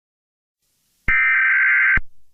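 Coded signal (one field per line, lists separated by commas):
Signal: Emergency Alert System (SAME) tones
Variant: header bursts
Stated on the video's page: Fictional EAS scenario alert about lava.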